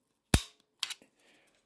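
A Danfoss RAS-D thermostatic radiator valve head is pushed back onto the radiator valve body. Two sharp clicks sound at 0.3 s and 0.8 s as the two locking clips release, and a few faint ticks follow. The head is seated and held on the valve body.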